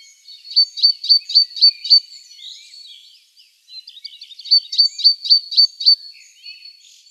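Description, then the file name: Great tit calls: a run of six sharp, high ringing notes about four per second, a short scratchy jumble, then another fast run of six notes. "Parus major"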